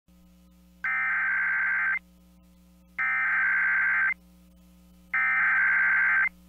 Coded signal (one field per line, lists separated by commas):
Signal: Emergency Alert System (SAME) tones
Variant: header bursts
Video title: EAS Child Abduction Emergency (AMBER Alert) Anchorage, Alaska Regional Alert